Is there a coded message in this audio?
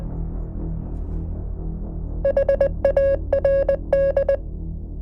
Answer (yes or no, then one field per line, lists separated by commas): yes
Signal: Morse code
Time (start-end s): 2.2-4.4 s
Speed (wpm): 20 wpm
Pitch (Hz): 550 Hz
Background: music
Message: HARD